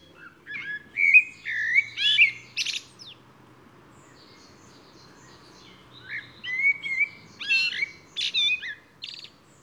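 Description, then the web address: Eurasian blackbird song in two phrases, each a rich fluty warble that breaks into sharp, high squeaky notes, with a pause of a few seconds between. "SETE data Turdus merula"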